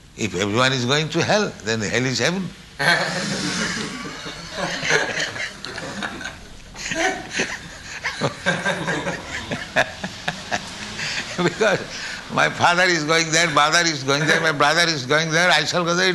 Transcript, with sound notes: "If everyone is going to hell, then hell is heaven. [laughter] Because my father is going there, mother is going there, my brother is going there, I shall go there.